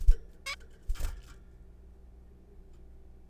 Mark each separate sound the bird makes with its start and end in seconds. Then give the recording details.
0.46-0.55. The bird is a juvenile. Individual R3428